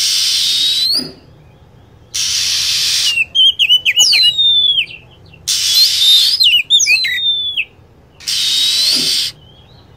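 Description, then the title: Lovebird chirps: piercing whistled notes falling in pitch, given in quick groups between stretches of loud continuous hiss. Lure sound for attracting lovebirds. "PIKAT BURUNG LOVEBIRD"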